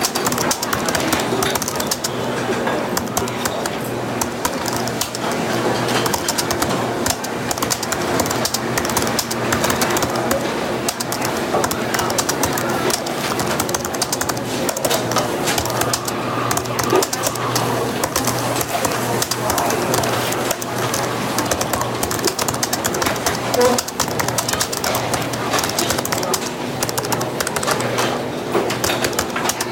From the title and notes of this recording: Cafe sounds.